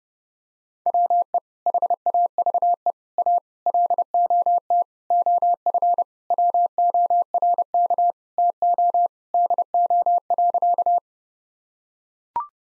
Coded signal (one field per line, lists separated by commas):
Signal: Morse code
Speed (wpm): 28 wpm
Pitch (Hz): 700 Hz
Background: none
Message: WE HAVE A LOT OF WORK TO DO.